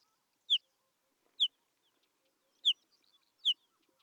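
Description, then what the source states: Isabelline Wheatear calls: four short, sharp, downslurred notes at uneven intervals, with silence between them. Recorded at Telmen Nuur, Mongolia.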